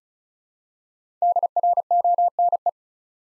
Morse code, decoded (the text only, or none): DRONE